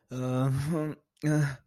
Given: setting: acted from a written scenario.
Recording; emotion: vocal sound without words; confusion